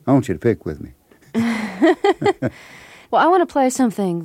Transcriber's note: soundbite of laughter